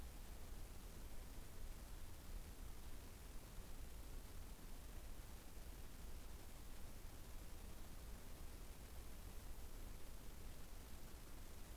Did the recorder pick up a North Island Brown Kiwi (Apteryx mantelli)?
no